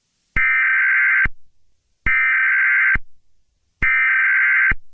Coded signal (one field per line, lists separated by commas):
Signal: Emergency Alert System (SAME) tones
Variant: header bursts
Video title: EAS: Milwaukee video Part 2